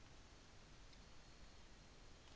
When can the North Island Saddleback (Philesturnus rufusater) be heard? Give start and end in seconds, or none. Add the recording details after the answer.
none. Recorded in New Zealand on 24 December 2018. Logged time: 11:00